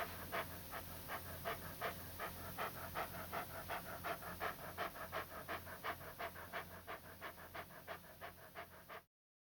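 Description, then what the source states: Dog panting steadily, quick regular huffs close to three per second, keeping the same rhythm until the sound cuts off at the end. Panting with some whining.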